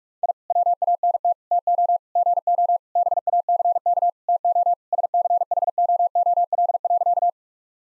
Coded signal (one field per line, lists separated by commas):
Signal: Morse code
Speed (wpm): 43 wpm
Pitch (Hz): 700 Hz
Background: none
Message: I WANT TO GO BACK TO SCHOOL.